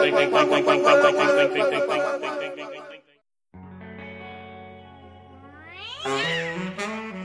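A cat's meowing, heavily processed with echoing, chorus-like effects, gives a buzzy harmonic cry for three seconds, then after a brief silence, sustained tones rise into a sweeping, wavering meow.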